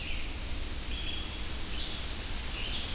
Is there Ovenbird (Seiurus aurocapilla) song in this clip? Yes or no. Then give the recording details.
no. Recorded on 25 June 2016 at 05:56. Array SBT-6-76